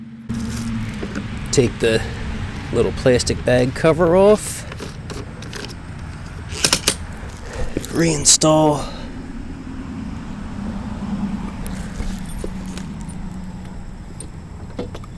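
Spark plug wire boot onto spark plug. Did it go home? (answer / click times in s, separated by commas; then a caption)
no / none. Someone talks while handling parts of a Honda HRX217VKA lawn mower during its first scheduled oil change after 5 hours of run time, as the rubber spark plug wire boot is about to be pushed back onto the mower's spark plug terminal. Short knocks and rattles come through, with a loud cluster of sharp hits around 6.7–6.9 s. The clip ends before the boot goes on, so nothing has seated or clicked yet.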